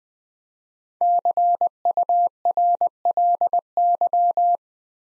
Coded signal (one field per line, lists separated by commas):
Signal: Morse code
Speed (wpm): 20 wpm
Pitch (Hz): 700 Hz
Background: none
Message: CURLY